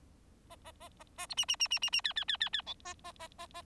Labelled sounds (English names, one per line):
Bengalese Finch song